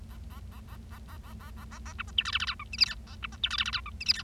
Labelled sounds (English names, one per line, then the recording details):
Bengalese Finch song
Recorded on 25 March 2012 at 14:02
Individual gy6or6